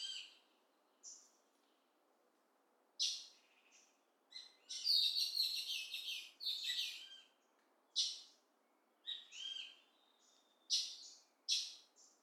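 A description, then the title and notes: Birdsong on the Yucatan Peninsula: bright, chattering calls and trills come in short bursts every second or two, with a denser, busier phrase around the five-to-seven second mark. Between calls a faint, steady hiss fills the background. Sounds of Mexico: Birdsong on the Yucatan Peninsula. I plotted a course to a nearby Cenote that would take me through a couple of small towns and into a more secluded area of the surrounding jungle.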